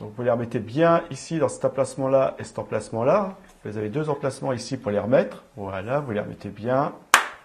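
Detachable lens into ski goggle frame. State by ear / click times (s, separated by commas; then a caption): seated / 7.1 s. Someone talks while pressing the detachable anti-fog, anti-UV lens of a pair of Merit wide-angle ski goggles back into its two slots in the plastic frame. At 7.1 s a single loud, sharp snap is heard as the lens locks into place, seated and secure.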